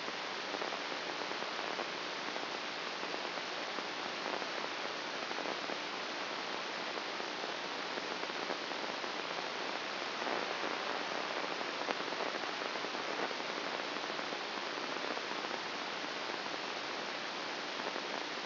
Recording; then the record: brain microelectrode recording played as sound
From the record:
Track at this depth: inside the subthalamic nucleus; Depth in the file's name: 2.804 mm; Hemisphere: right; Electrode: 2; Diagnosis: Parkinson's disease